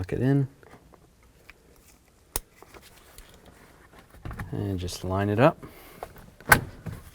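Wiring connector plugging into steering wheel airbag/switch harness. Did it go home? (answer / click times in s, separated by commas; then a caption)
yes / 6.5 s. While replacing the seek and volume radio control switch on a 2000-2006 Chevy Tahoe, an electrical wiring connector behind the steering wheel is lined up and pushed onto the steering wheel airbag/switch harness. Someone talks, and quiet handling ticks are heard. A sharp click at 6.5 s marks the connector seating.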